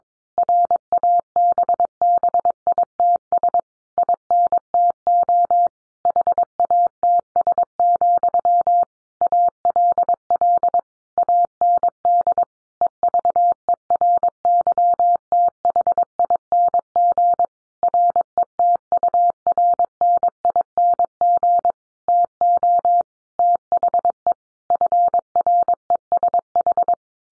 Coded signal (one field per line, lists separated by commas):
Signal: Morse code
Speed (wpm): 22 wpm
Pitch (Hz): 700 Hz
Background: none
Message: RABBITS INTO HATS, ALL AND EVERYTHING RETURNING TO THE FRESH